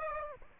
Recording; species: mosquito wingbeat signal from an infrared sensor; Aedes aegypti